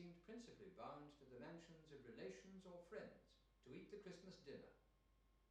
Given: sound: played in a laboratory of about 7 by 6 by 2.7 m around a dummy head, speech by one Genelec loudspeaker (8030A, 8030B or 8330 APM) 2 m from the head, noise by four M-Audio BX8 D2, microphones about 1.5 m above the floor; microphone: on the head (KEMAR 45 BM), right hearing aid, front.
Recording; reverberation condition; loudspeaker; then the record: male speech in English; medium; 30 degrees to the left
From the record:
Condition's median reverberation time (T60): about 510 ms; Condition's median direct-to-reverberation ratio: about -0.5 dB